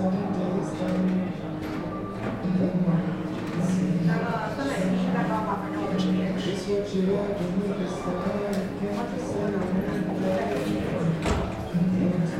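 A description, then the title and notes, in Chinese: Sitting in a café, overlapping voices chatter steadily throughout, with scattered clinks and taps of cups and cutlery, one sharper knock near eleven seconds. 坐在咖啡馆有点开心｜城市声音。北京地坛旁边 没有特地录说话声。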